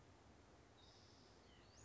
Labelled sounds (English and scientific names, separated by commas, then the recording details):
Western Flycatcher (Empidonax difficilis)
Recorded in Sonoma County, California